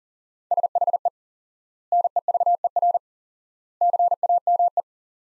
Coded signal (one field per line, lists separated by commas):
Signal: Morse code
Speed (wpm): 40 wpm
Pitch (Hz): 700 Hz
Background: none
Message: SHE NEVER CAME